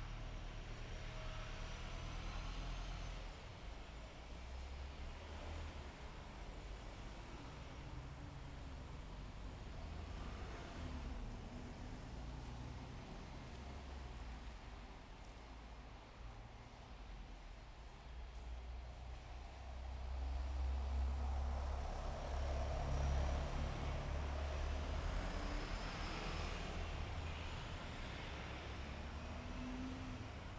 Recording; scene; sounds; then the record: everyday scene through a hearing-aid microphone; in traffic; traffic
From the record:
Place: bus stop on a city main road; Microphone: behind the ear, left, rear